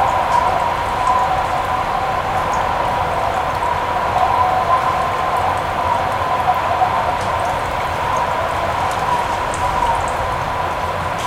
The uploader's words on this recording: Arctic Wind Breeze Sleep Sounds. Cold Wind Winter Sounds White Noise.